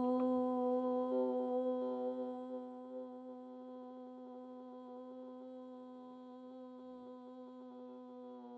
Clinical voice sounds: sustained vowel /u/; female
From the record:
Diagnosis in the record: healthy control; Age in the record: 61 years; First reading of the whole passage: 67 s, 7.7 characters per second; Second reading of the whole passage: 54 s, 9.6 characters per second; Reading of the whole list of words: 44 s, 6.4 characters per second

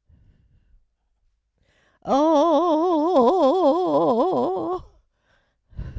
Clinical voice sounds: sustained vowel /o/; female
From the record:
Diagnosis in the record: Parkinson's disease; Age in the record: 78 years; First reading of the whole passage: 164 s, 3.2 characters per second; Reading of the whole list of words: 108 s, 2.6 characters per second

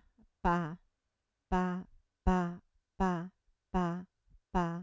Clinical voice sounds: repeated syllable /pa/; female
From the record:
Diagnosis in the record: Parkinson's disease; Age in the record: 67 years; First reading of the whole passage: 79 s, 6.5 characters per second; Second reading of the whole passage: 74 s, 7.0 characters per second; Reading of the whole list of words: 72 s, 3.9 characters per second

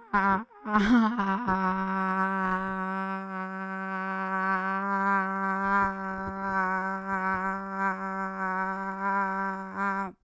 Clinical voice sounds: sustained vowel /a/; female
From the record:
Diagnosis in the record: Parkinson's disease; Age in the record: 40 years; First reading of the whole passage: 61 s, 7.8 characters per second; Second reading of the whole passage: 52 s, 9.9 characters per second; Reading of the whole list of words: 55 s, 5.1 characters per second

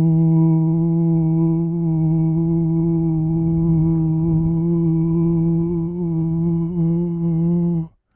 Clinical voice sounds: sustained vowel /u/; male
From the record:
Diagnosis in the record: Parkinson's disease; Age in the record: 65 years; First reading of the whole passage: 164 s, 3.2 characters per second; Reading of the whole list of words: 151 s, 1.9 characters per second

